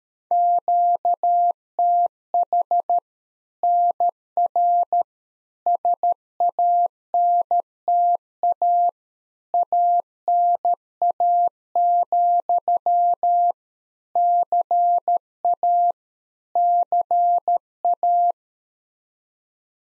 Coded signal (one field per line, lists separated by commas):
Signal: Morse code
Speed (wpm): 13 wpm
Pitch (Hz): 700 Hz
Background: none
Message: QTH NR SANTA ANA, CA CA